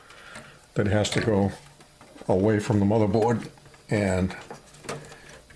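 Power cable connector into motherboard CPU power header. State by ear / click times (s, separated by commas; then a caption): not seated / none. Someone talks while handling a second plastic power cable plug at the CPU power header of a Z590 AORUS Master motherboard, holding its locking tab facing away from the board. A few faint handling taps follow near the end. The plug has not seated or clicked in yet.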